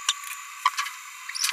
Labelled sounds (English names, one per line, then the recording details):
Green-rumped Parrotlet babbling
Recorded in a nest box in Venezuela
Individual 18B17A4